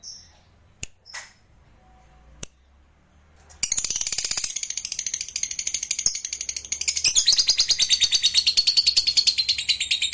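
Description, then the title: Lovebird: a few isolated chirps and clicks, then from about four seconds a sustained rapid shrill chatter that grows louder toward the end. "Suara Lovebird"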